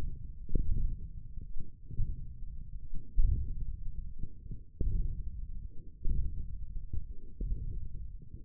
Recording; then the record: forearm muscle sounds (acoustic myography)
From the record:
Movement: wrist flexion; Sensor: system 1, eight BSWA MPA416 microphones around the upper forearm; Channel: 3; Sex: male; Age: 20 years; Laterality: left